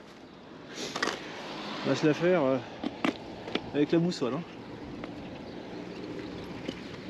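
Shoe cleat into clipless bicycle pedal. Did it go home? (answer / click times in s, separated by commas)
no / none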